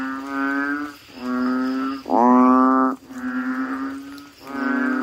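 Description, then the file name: Asian common toad calls, long buzzy nasal notes following one another almost without pause, one louder note in the middle. "suara kodok bangkong"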